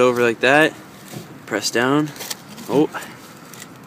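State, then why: Not seated. A plastic pipe fitting is handled and pressed down onto a water line while someone talks. Nothing has seated or clicked into place yet.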